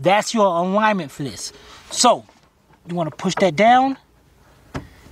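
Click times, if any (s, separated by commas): 4.8 s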